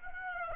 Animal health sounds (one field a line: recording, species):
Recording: mosquito wingbeat signal from an infrared sensor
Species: Aedes aegypti